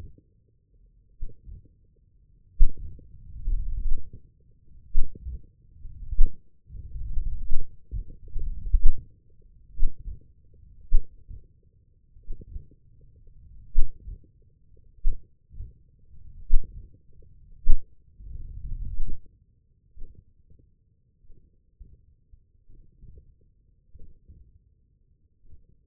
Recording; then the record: forearm muscle sounds (acoustic myography)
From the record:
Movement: ulnar deviation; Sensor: system 1, eight BSWA MPA416 microphones around the upper forearm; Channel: 5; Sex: male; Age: 20 years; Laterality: left